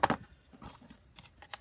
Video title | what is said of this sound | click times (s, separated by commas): Junk Journal Booklet Case Vintage Swedish Wedding Chest Digital Kit Tutorial | let's see if it cute you heard the little snap | 0.0 s